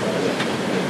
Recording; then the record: background sound without coughing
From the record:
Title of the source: Office Sounds Ambience - Background Noise for Study and Work